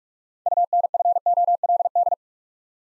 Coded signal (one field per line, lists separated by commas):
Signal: Morse code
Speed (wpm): 44 wpm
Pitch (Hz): 700 Hz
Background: none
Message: UNFOLD